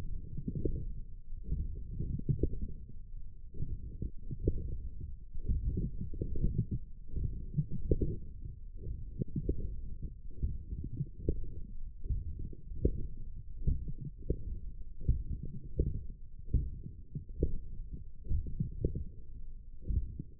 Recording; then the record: forearm muscle sounds (acoustic myography)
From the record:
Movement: forearm pronation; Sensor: system 1, eight BSWA MPA416 microphones around the upper forearm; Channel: 3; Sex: male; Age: 21 years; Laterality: right